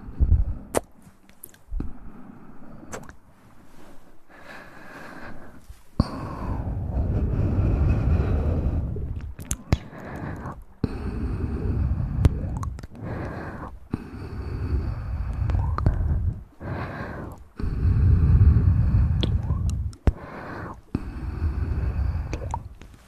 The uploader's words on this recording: Tap trigger and mouth sounds.